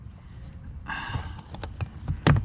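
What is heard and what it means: A putty knife pries at the plastic driver's door master window switch assembly of a 2003 Grand Caravan, clipped into the door trim, with a scraping rasp followed by a few light ticks and taps. At 2.3 s its retaining clips let go with a sharp, loud snap and the switch panel pops free of the door trim.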